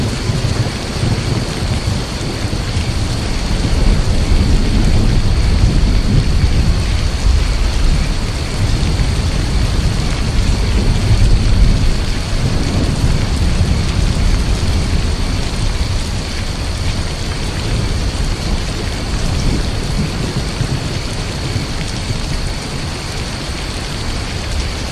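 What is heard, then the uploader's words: Steady, dense rain patters throughout, over a deep rolling rumble of distant thunder that swells between about five and twelve seconds, then eases slightly. A thin, constant high chirring of crickets runs unchanged above the rain the whole time. Soothing Thunderstorms & Crickets. Gentle raindrops, distant thunder, and the soothing chirps of crickets.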